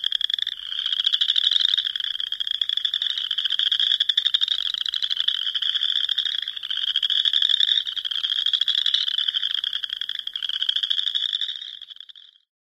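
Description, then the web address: Boreal chorus frog chorus: many overlapping rapid pulsed trills forming a dense, continuous rasping din that fades out at the end. "Songs of Frogs Toads of North America. Boreal Chorus Frog"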